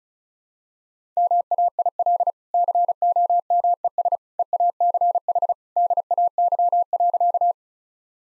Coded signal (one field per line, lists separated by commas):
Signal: Morse code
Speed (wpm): 36 wpm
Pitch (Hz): 700 Hz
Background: none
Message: MAIL COMES EACH DAY.